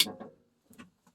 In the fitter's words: all right that clicked nicely made